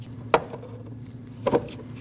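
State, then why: Seated. The side-mirror glass of a 2014-2023 Jeep Cherokee is pressed back onto its backing plate on the mirror motor mount in the door mirror housing, with a rag on the centre of the glass rather than the ends. A single sharp snap at 0.3 s marks the glass seating, followed by a faint tick at 0.6 s and a softer knock around 1.5 s. The glass is seated.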